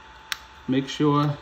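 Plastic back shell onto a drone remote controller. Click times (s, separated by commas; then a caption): 0.3 s. The plastic back shell of a Mavic Air drone controller is lined up and squeezed onto the controller body, and it snaps into place with a sharp click at 0.3 s. The shell is seated. Someone then talks.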